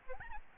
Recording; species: mosquito wingbeat signal from an infrared sensor; Aedes albopictus